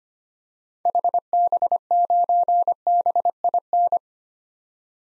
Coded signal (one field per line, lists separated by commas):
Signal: Morse code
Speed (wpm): 25 wpm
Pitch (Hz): 700 Hz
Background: none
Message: HB9BIN